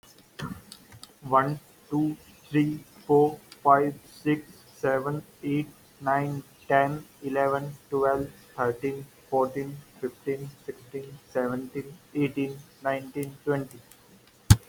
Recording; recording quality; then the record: counting at a normal pace; excellent, no background noise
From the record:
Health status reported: healthy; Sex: male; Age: 32 years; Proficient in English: yes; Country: India